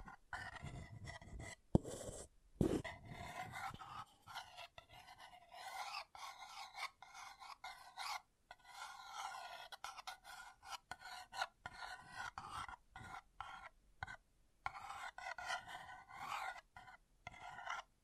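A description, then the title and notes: Scratching on an object in short, rasping strokes that come in quick irregular bursts with brief gaps, filling nearly all eighteen seconds. The scrapes are fairly bright and gritty, and a few heavier knocks land near the start, around two to three seconds. ASMR Brain Melting Object Scratching (No Talking).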